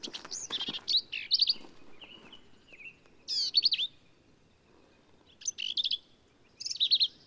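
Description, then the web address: Black-capped vireo song of choppy, squeaky and rasping notes in several brief phrases with short pauses, over light background rustle. "birdsongforthecurious songs Black-capped Vireo"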